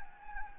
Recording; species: mosquito wingbeat signal from an infrared sensor; Anopheles gambiae